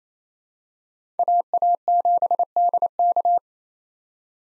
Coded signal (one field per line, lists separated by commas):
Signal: Morse code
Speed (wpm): 28 wpm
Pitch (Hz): 700 Hz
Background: none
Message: AA7DK